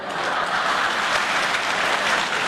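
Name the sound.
warm audience applause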